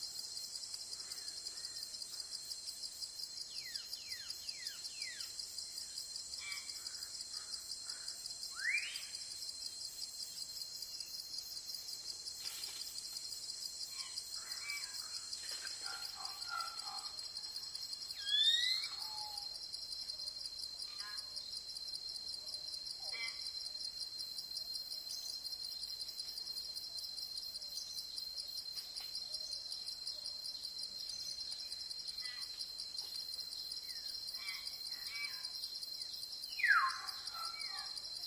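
Forest sound dominated by a dense, steady, high-pitched chorus of crickets and insects that never lets up. Scattered short bird chirps and trills cut through, with brief louder calls around 18 seconds and again near 37 seconds.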